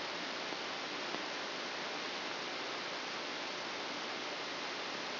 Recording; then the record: brain microelectrode recording played as sound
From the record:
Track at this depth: inside the subthalamic nucleus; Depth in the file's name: 3.513 mm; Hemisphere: left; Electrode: 2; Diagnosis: Parkinson's disease